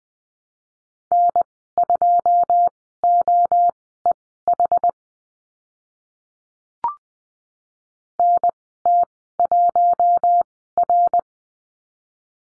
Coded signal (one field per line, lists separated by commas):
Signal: Morse code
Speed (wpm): 20 wpm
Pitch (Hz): 700 Hz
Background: none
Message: N2OEH NT1R